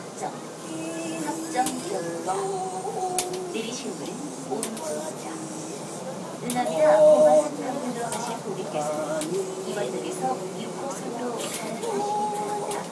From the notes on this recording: A blind man begs for money and sings as he walks down the carriage of a Seoul subway train heading for Hapjeong station.